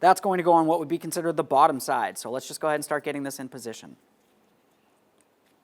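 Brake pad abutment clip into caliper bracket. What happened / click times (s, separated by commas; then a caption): Metal brake clip positioned, not yet seated / none. Someone talks while a metal brake pad abutment clip is lined up against the caliper bracket of a 2014-2019 Toyota Corolla's front brakes, flat side first, before being pressed home. After the talking stops there is near silence, broken only by a faint handling tick at about 5.2 s. Nothing has clicked or seated yet.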